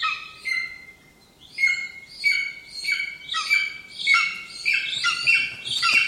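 Bird singing a run of bright chirped phrases, starting sparse and growing denser and busier toward the end.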